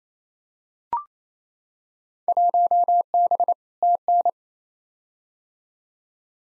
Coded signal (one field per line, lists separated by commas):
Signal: Morse code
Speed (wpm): 28 wpm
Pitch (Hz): 700 Hz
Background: none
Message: 1B TN